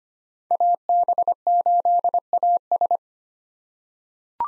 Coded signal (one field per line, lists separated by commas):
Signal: Morse code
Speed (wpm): 25 wpm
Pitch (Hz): 700 Hz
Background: none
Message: AB8AS